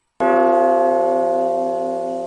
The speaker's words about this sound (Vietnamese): phần kim quang dính trên người Lý Nam đột nhiên hóa thành một cái chuông lớn màu vàng. Sau khi giáng xuống, chỉ nghe ầm một tiếng đã hoàn toàn chụp kín.